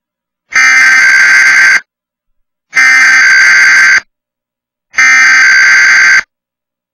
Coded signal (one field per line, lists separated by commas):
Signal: Emergency Alert System (SAME) tones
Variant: header bursts